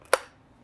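The plastic nozzle cover is snapped back onto the head of a Hoover PowerDash Pet hard floor cleaner after the spin scrub brushes have been reinserted. A single sharp, loud click at 0.1 s fades out over about 0.2 s, preceded by a faint tick at 0.05 s. The cover seats in place.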